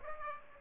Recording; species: mosquito wingbeat signal from an infrared sensor; Aedes aegypti